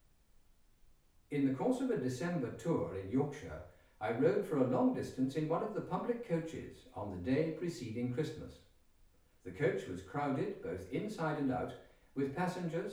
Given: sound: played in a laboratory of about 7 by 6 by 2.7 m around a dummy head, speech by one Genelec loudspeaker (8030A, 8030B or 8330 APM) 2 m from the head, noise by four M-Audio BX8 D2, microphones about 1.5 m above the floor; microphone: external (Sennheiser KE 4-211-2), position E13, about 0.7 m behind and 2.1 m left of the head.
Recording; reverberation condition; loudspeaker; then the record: male speech in English; medium; 60 degrees to the right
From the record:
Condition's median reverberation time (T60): about 510 ms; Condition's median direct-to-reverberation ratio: about -0.5 dB